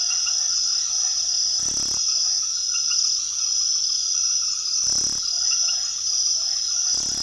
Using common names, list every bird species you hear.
none